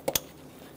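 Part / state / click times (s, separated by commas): wiring harness connector onto ignition coil / seated / 0.1 s, 0.2 s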